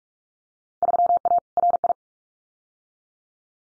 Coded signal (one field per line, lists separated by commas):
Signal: Morse code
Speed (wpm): 44 wpm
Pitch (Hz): 700 Hz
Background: none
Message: 3A RI